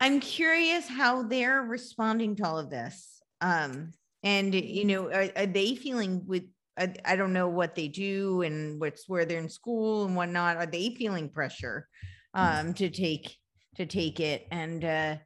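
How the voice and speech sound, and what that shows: A woman asks conversational questions in a clear, moderately pitched voice with natural, varied intonation. The speech is fluent, with ordinary fillers like "um" and one brief rephrasing. Her voice is steady and clean, with normal rate and pauses, consistent with ordinary speech.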